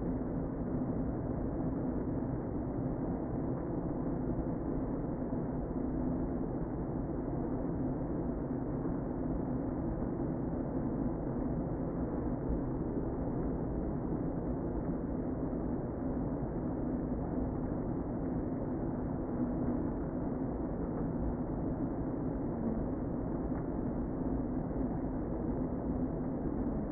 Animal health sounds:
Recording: honeybee colony, microphone inside the hive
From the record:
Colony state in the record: queen present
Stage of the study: before two queens were removed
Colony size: about 60,000 bees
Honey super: yes

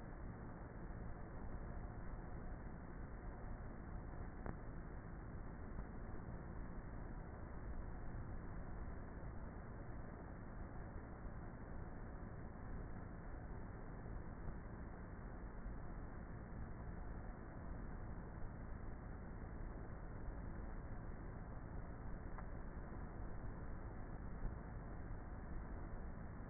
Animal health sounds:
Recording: honeybee colony, microphone inside the hive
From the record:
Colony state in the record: queenless with a low population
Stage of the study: before two queens were removed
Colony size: about 30,000 bees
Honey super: no

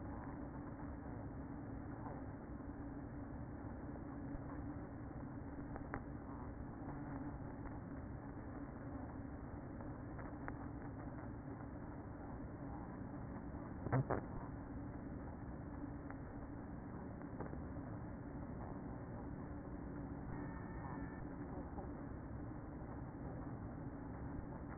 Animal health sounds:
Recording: honeybee colony, microphone inside the hive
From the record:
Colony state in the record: queen present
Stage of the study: after two queens were removed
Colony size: about 60,000 bees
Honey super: yes

